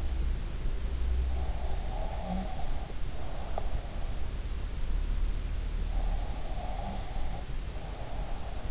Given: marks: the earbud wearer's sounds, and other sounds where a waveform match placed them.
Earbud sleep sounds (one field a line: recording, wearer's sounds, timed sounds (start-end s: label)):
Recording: sounds in sleep by an in-ear microphone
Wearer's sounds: breath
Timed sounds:
1.59-3.69 s: breath
6.03-8.71 s: breath